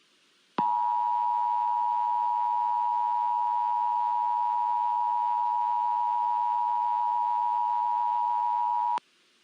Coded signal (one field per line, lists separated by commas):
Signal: Emergency Alert System (SAME) tones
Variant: 853 and 960 Hz attention tone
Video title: College Football On Plotagon Network National Championship Commercials + EAS Test